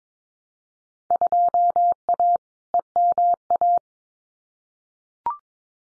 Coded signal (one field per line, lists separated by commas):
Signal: Morse code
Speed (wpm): 22 wpm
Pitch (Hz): 700 Hz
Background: none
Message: 2A EMA